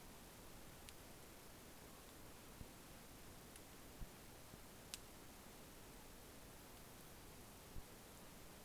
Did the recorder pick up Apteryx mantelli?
no